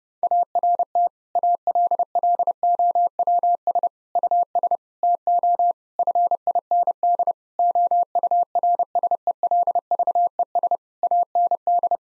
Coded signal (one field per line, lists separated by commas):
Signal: Morse code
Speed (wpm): 30 wpm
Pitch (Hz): 700 Hz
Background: none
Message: ART ALLOWS US TO FIND OURSELVES AND